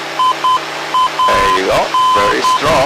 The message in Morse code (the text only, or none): IAN